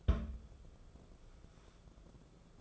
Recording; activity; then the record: daily activity, microphone in the room; place on stove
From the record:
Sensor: 5